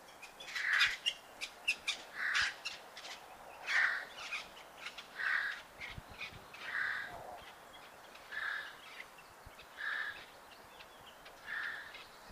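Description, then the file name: Eurasian jay uttering hoarse, rasping screeches repeated roughly every one and a half seconds, steady and evenly spaced. "Garrulus glandarius"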